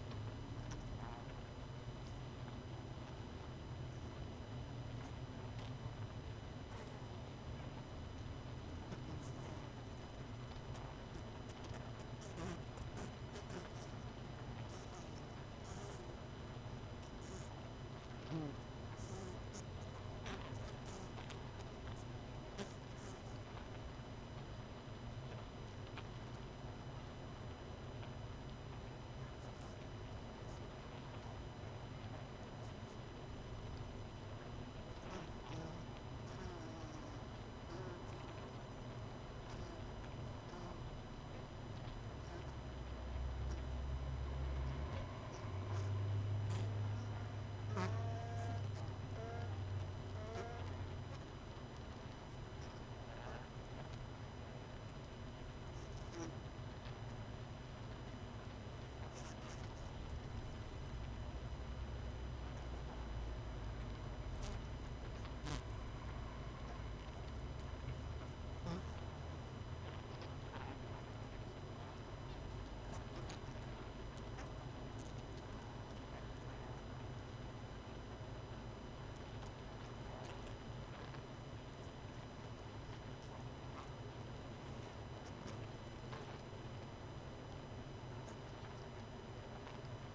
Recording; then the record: honeybee colony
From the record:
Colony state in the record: missing queen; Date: 31 May 2018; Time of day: 19:41